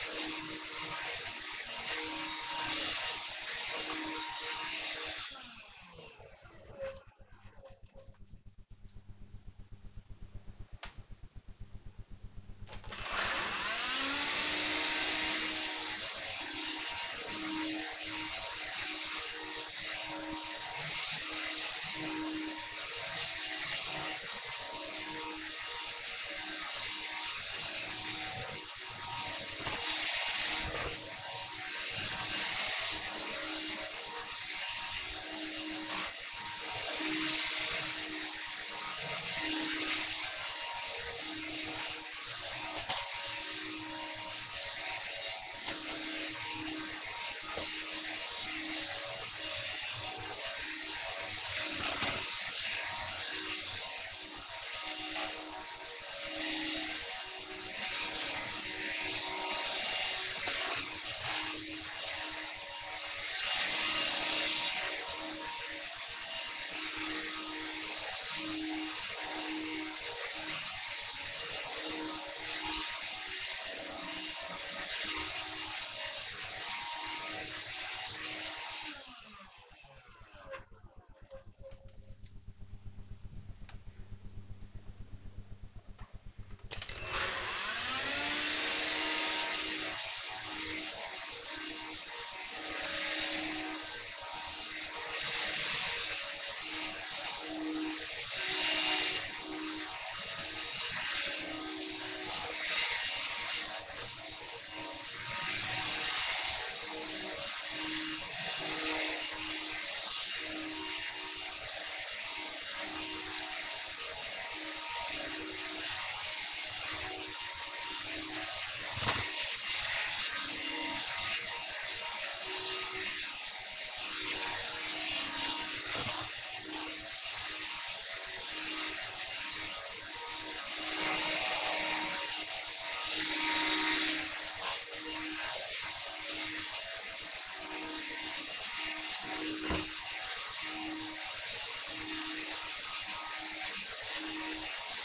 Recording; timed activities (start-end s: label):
household activities, microphone on the right wrist
0.00-4.77 s: vacuum cleaning
12.84-79.23 s: vacuum cleaning
86.27-145.05 s: vacuum cleaning